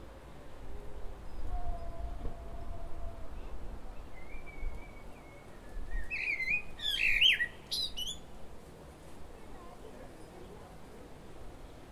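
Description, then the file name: Common blackbird song: soft whistled notes leading into a squeaky, high twittering flourish, over a quiet background rumble. "Turdus merula"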